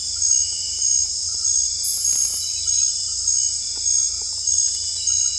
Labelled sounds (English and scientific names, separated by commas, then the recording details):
none
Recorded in secondary vegetation near Puerto Asís, Putumayo, Colombia, on 18 December 2024 at 20:30
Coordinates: 0.481, -76.318
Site G042